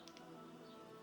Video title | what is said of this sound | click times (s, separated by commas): DJI OSMO ACTION Unboxing Review | You hear the two clicks, everything is fine. | 0.1 s, 0.2 s